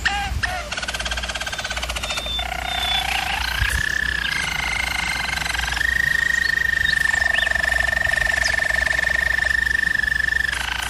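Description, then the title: German Roller canary song: continuous rolling trills and tours, shifting between pitch levels, including a long steady whistled roll held for several seconds near the end. German Roller canary singing; canary training. "German Roller Canary Singing - Canary Training Vid"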